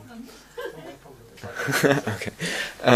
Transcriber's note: laughs; laughter